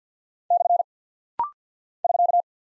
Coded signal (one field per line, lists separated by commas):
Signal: Morse code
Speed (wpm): 50 wpm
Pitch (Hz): 700 Hz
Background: none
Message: / <SK>